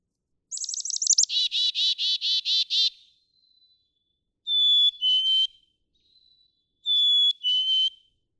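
Black-capped chickadee gives a rapid chick-a-dee-dee-dee call of buzzy notes, then two clear whistled fee-bee songs, each a high note followed by a slightly lower one.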